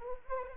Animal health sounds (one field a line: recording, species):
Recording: mosquito wingbeat signal from an infrared sensor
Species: Anopheles arabiensis